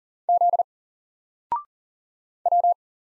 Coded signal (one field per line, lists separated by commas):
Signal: Morse code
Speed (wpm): 38 wpm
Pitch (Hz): 700 Hz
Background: none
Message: Z W